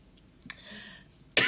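A quiet stretch with a faint click and a soft breathy sound is followed by one sudden, loud, harsh burst at the very end, a single cough. It is a reflex cough to clear the airway after something went down the throat.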